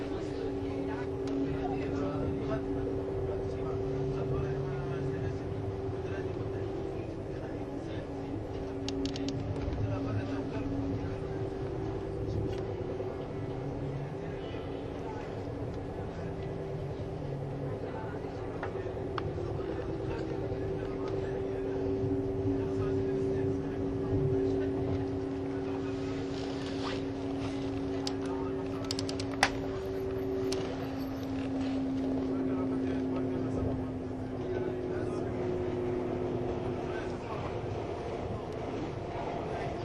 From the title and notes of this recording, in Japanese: SBB線 ICN10022レ01 Lugano～(Göschenen)。スイスでは主力の車体傾斜車両であるRABDe500形ICN、その本領を発揮するゴッタルド線の列車を収録したものです。収録年月:2013,05。